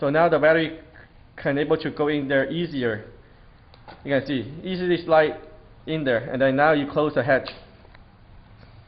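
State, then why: Not seated. A man talks while a battery is slid into a toy RC helicopter and its plastic head, the battery hatch, is brought down to close over it. Only faint handling sounds come through beneath the speech. The clip ends before the hatch is fully closed, so nothing has clicked or seated yet.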